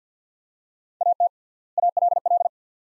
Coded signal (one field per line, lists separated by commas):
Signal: Morse code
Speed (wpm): 50 wpm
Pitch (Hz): 700 Hz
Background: none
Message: AT ALL